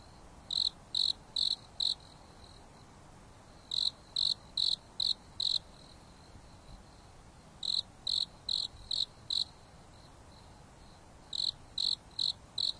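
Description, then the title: Insect song of shrill, high pulses grouped in fours and fives, each group recurring every three to four seconds, over a gentle continuous hiss. Insects singing at night on a mountain top under a starry sky, with a gentle breeze blowing. "There is a gentle breeze blowing on the top of the mountain under the starry sky, and the insects are singing leisurely."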